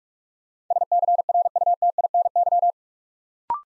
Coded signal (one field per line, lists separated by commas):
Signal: Morse code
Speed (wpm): 44 wpm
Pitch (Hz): 700 Hz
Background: none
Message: SCRUTINY